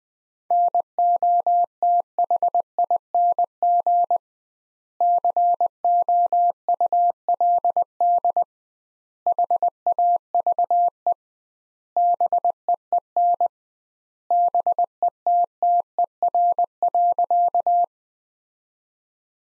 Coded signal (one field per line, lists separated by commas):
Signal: Morse code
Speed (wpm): 20 wpm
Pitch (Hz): 700 Hz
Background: none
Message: NOTHING COULD HAVE BEEN BETTER.